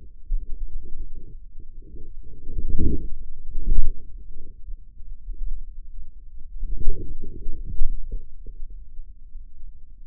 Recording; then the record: forearm muscle sounds (acoustic myography)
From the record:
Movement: inward rotation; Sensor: system 2, bracelet of six BSWA MPA416 microphones around the upper forearm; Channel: 6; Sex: male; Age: 22 years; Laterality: right